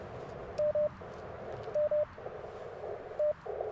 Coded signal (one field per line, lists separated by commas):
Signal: none